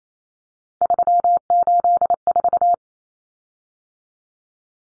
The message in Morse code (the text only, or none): 384